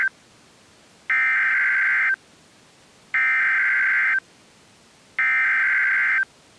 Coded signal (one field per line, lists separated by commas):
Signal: Emergency Alert System (SAME) tones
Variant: header bursts